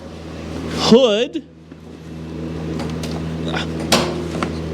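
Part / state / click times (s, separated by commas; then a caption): hood latch releasing the hood / released / 3.9 s. Someone talks, then operates the hood release on a Bricklin SV-1 and the metal hood latch lets go with a loud click at 3.9 s. The latch unlatches and releases the hood.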